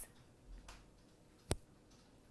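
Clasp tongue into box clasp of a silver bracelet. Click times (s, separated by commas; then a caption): 1.5 s. The tongue of a silver bracelet's box clasp is closed into the box, held close to the microphone. After a quiet stretch with a faint soft sound near 0.7 s, a single sharp, bright click rings out at 1.5 s as the tongue snaps in and the clasp is seated shut.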